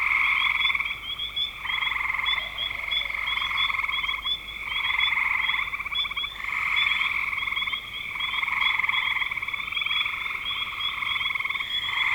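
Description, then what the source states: Continuous frog chorus, pulsed trills overlapping in bouts of one to two seconds with short dips, plus higher clicking notes and a faint hum. Frogs recorded in spring 2025.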